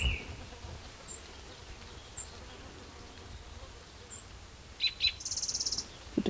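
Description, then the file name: Spotted towhee gives two sharp notes and then a buzzy rattling trill, after a few faint high chips earlier. Recorded near Cicero on 12 June 2009; the same individual was recorded the day before and was later collected. "Cicero 12 Jun 2009 Pmaculatus"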